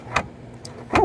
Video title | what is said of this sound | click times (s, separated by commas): 3D Printed Yamaha Reface Wedge Desk Stand First Impressions | so it pops into place and sits like that | 0.2 s, 1.0 s